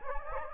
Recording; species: mosquito wingbeat signal from an infrared sensor; Anopheles gambiae